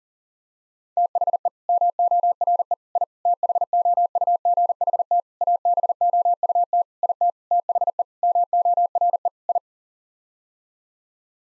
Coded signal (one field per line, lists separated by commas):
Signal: Morse code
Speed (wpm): 37 wpm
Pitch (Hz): 700 Hz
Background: none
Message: THE MORE I THOUGHT ABOUT IT THE MORE I